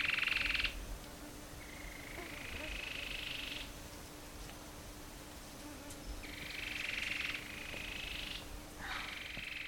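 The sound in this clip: Cherrie's antwren producing bursts of rapid pulsed trills, some short and some over a second long, with a faint steady hum underneath.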